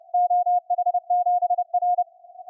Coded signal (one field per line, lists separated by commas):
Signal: Morse code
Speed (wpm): 34 wpm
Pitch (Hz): 710 Hz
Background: none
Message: OH7R